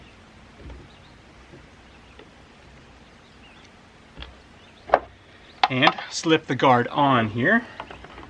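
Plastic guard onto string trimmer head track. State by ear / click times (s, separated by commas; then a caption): not seated / none. A plastic guard is being slid onto its small track on the head of a Worx 40V Max string trimmer, with quiet handling and brief light knocks near 4.2 and 4.9 seconds before someone talks. The clip ends before the guard goes home, so nothing has seated or clicked yet.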